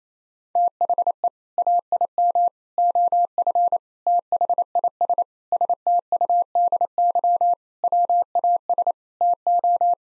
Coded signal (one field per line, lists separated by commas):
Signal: Morse code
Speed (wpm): 28 wpm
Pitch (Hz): 700 Hz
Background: none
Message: THE AIM OF THIS STUDY WAS TO